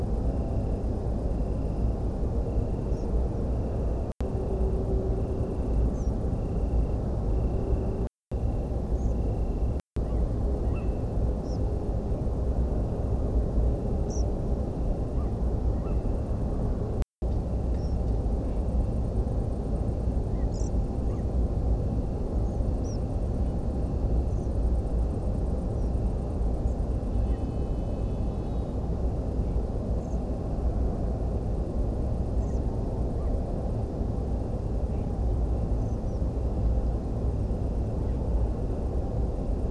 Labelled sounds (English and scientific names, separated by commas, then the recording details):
European Pied Flycatcher (Ficedula hypoleuca), unidentified animal sound, Tree Pipit (Anthus trivialis), European Robin (Erithacus rubecula)
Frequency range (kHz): European Pied Flycatcher (Ficedula hypoleuca) 3.4-9.3 kHz; Tree Pipit (Anthus trivialis) 3.7-6.4 kHz; European Robin (Erithacus rubecula) 5.8-8.0 kHz
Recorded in France